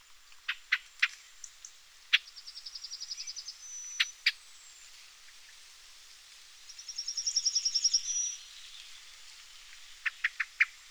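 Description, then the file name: Common blackbird giving sharp, clicking chink notes in short irregular bursts, with two high, thin, rapid trills and a faint background hiss. "Turdus merula"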